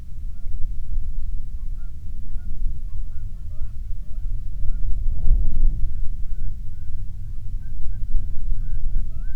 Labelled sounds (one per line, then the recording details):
waterfowl
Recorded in the Prudhoe Bay oil fields, Alaska, on 29 June 2019 at 01:01
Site 22